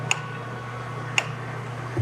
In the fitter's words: then you just push and then when it gets the correct torque the wrench will actually make a click sound